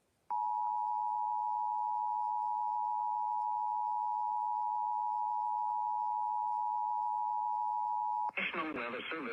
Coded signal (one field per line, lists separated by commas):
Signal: Emergency Alert System (SAME) tones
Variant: 853 and 960 Hz attention tone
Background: speech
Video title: EAS Severe T’storm Warning #43 3/14/25 (Credit Goes To @SouthernPennsylvaniaWX & @KanawhaCountyWX)